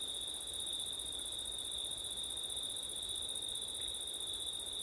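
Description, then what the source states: Steady high-pitched cricket trilling, unbroken, with two even bands of sound and faint low noise. Crickets on a September night, with wind; ORTF microphone setup.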